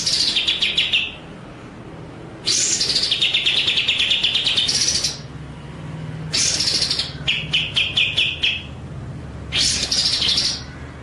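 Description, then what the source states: White-rumped shama song: loud bright phrases of rapid stuttering high notes, with short pauses between. Masteran (training) track featuring full ngerol and nembak song styles.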